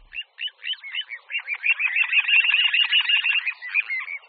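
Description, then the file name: Little ringed plover giving a dense, hurried stream of rough, buzzy call notes that build into a continuous rolling chatter before easing off. "Kulík-říční"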